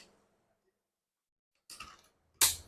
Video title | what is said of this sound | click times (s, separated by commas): Angeleno Germent steamer #original #imported #garmentsteamer | ये भी lock हो गया, ठीक है। | 1.8 s